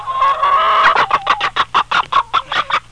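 Chicken clucking: a drawn-out squawking call followed by a quick run of short, rhythmic clucks.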